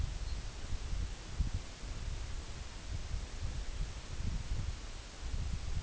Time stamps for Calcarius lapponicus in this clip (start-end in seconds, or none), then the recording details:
0.08-0.45. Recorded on Arctic tundra, site UTQI-8, on 9 June 2019. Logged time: 18:00